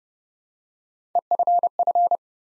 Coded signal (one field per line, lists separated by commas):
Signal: Morse code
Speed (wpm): 30 wpm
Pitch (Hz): 700 Hz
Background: none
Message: EFF